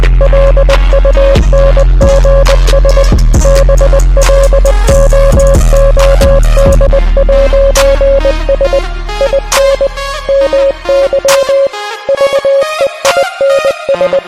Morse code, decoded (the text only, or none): LUNGS BLOOD'S IN MY VEINS